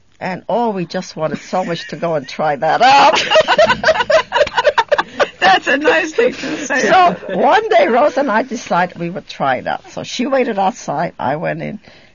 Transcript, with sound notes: And, oh, we just wanted so much to go and try that out. ( they laugh )
That's a nice thing to say.
So one day Rose and I decided we would try it out. So she waited outside, I went in.